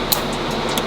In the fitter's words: Make sure you hear the clicks